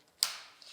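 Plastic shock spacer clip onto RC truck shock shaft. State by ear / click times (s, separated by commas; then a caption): seated / 0.2 s, 0.6 s. Plastic shock limiter clips from a parts tree are pressed onto the two shock shafts of an RC truck, a Traxxas 1/10 2WD Slash, and snap into place. A sharp, bright snap at 0.2 s rings down over about half a second, followed by a smaller click at 0.6 s. Both clips end up seated on the shocks.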